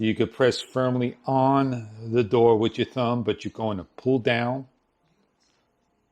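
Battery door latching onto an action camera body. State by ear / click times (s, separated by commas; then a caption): not seated / none. Someone talks while a thumb presses firmly on the battery/SD door of a GoPro Hero 10 action camera and pulls it down to close it. Speech runs until about 4.7 seconds, then near silence follows. Nothing has seated or clicked yet; the door has not snapped into place.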